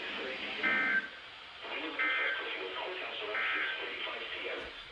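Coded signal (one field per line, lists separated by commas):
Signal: Emergency Alert System (SAME) tones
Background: speech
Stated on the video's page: Series of flood alerts from the Sterling forecast office.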